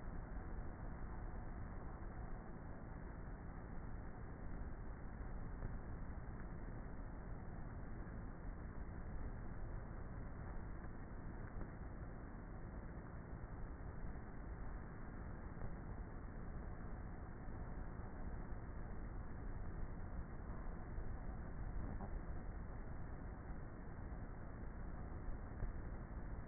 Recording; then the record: honeybee colony, microphone inside the hive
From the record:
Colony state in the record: queenless with a low population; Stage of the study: before two queens were removed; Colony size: about 30,000 bees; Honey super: no